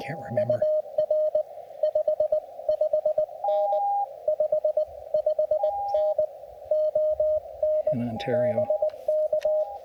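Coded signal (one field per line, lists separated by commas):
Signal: Morse code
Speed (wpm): 19 wpm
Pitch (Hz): 600 Hz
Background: speech, radio noise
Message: UR 55N 55N ON BK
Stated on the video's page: Portable Parks on the Air activation from a backcountry campground in Akamina-Kishinea Provincial Park, British Columbia.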